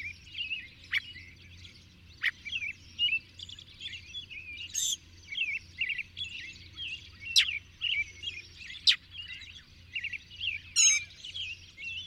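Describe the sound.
Bird chorus of high twittering, warbling phrases over a steady low hum, broken by occasional sharp ticking notes.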